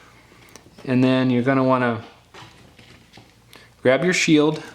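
The third and last screen flex ribbon connector of an iPhone 5c, during a vibration motor replacement, is pressed onto its logic board socket and snaps in with a single short, sharp click at 0.6 s. The connector is seated, and someone then talks.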